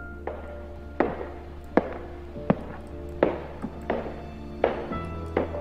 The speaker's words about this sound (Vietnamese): Ở bên ngoài, hành lang dường như lại vang lên tiếng bước chân. Tiếng bước chân ở đây nó không có đơn giản, mà nó là một nỗi ám ảnh.